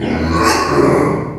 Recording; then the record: squeal of a Yucatan mini pig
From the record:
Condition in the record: before surgery on the right vocal fold (resection and tissue-engineered implant); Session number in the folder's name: 2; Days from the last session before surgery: 0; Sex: male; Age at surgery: 12 weeks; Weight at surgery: 13 kg